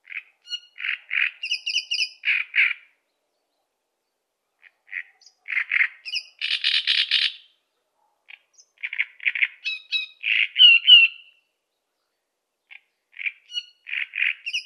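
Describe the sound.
Great Reed Warbler song in several bursts of harsh, guttural, repeated croaking notes with a scratchy churr and whistled fragments, separated by short silences.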